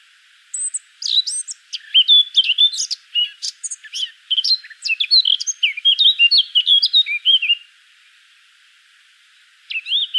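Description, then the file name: Eurasian blackcap song: a long, lively warble of varied chirps and clear whistles, then a silent gap before a new phrase begins. "Sylvia atricapilla"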